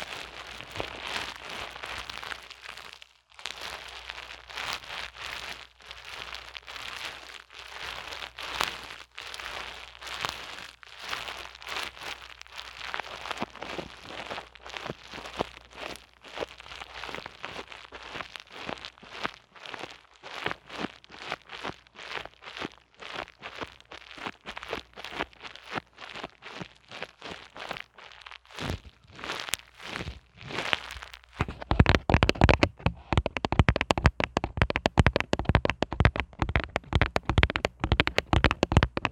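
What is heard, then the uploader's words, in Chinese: Someone fiddles with a wired microphone, producing a dense stream of scratchy crackles and taps, with a faint low hum underneath early on. Around the 31-second mark the rubbing turns louder and brighter, with sharp crinkling clicks packed tightly together. ASMR 各種玩弄線麥!!(小刺激慎入) | Lo-fi Earphone Mic | No Talking。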